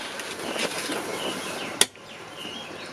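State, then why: Released. The folding lock mechanism of a faulty middle-row seat in a Captiva is pushed straight forward until its lock lets go, with several soft knocks and rustles over steady background noise. A single sharp click at 1.8 s marks the lock releasing, and the seat fold latch is now open.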